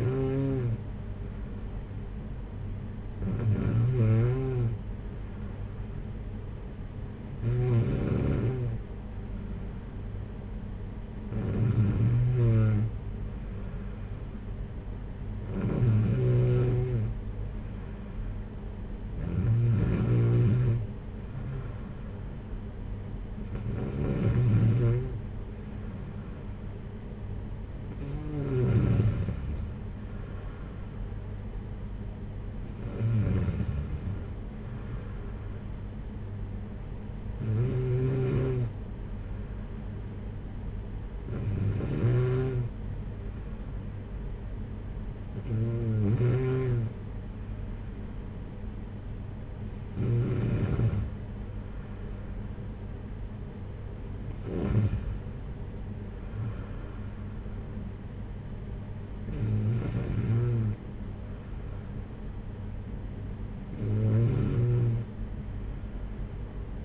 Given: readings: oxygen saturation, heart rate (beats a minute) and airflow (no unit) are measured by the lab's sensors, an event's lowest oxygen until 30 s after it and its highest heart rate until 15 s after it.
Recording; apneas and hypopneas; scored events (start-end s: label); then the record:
breathing in sleep by a smartphone at the bedside; none
none scored
From the record:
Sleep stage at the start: N2 (light sleep); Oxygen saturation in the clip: 93 to 95%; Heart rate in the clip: 52 to 62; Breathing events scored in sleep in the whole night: 226 in 8.8 hours asleep